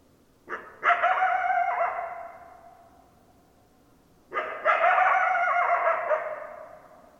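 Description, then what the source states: Coyote calls: two bursts about four seconds apart, each opening with a short yip followed by a rough, descending howl lasting over a second. Recorded 10 December 2012; more than one coyote.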